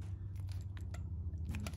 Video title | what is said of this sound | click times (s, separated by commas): WERA Torque Screwdriver 7446 ESD 11-29 in/lb. - Install Receptacles & Switches to Code | the screwdriver is going to slip very similar to the Capri tools, and you're going to get a click. | 0.8 s, 1.0 s, 1.6 s, 1.7 s